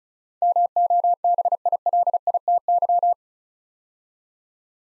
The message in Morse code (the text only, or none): MOBILITY